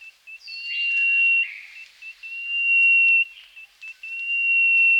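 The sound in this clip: Fernwren call: long level high whistles with short notes between, overlapped early by sliding notes.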